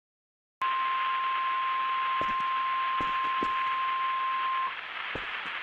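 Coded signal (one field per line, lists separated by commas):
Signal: Emergency Alert System (SAME) tones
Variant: 1050 Hz attention tone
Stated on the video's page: Recreation of another creator's fictional tornado EAS scenario.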